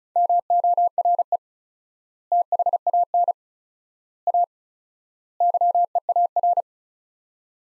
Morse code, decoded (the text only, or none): MORE THAN A YEAR